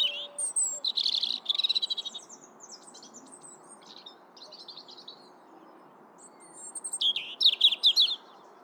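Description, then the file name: European robin song: a brief rapid twittering run and high thin whistles, a long quieter gap, then another bright tumbling phrase. "Erithacus rubecula"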